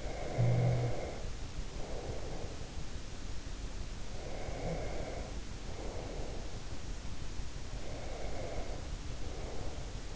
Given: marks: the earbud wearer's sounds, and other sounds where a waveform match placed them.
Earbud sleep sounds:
sounds in sleep by an in-ear microphone; snoring breath, breath
0.00-2.79 s: snoring breath
4.14-6.57 s: breath
7.86-10.16 s: breath

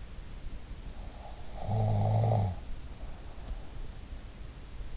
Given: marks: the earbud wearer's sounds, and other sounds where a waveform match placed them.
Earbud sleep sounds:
sounds in sleep by an in-ear microphone; snoring breath
1.19-3.75 s: snoring breath

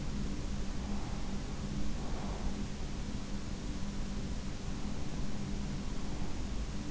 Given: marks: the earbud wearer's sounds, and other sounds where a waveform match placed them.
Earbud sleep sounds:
sounds in sleep by an in-ear microphone; breath
0.56-2.62 s: breath

